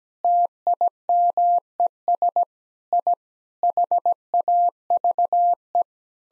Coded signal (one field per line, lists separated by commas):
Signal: Morse code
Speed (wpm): 17 wpm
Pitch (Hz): 700 Hz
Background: none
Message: TIMES I HAVE